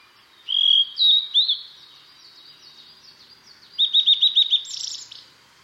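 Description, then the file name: Blue-and-white flycatcher singing one phrase, starting with slow clear whistled notes, then soft high twittering, and ending in a fast series of short repeated notes. "ooruri"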